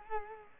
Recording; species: mosquito wingbeat signal from an infrared sensor; Culex quinquefasciatus